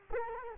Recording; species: mosquito wingbeat signal from an infrared sensor; Culex quinquefasciatus